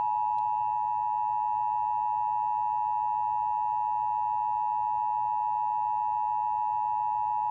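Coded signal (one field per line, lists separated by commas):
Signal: Emergency Alert System (SAME) tones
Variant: 853 and 960 Hz attention tone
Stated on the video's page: Severe thunderstorm warning alert tones aired on an AM radio station.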